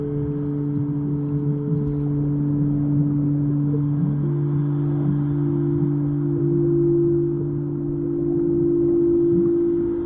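Singing bowls ring in long, steady low tones, several pitches held together throughout, with one higher tone swelling in around the four-second mark. Beneath them runs a constant low rumble with faint crackling and small flickering sounds, and the overall level stays nearly even.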